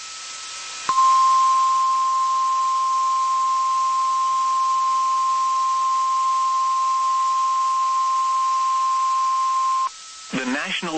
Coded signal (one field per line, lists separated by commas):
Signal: Emergency Alert System (SAME) tones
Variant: 1050 Hz attention tone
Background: speech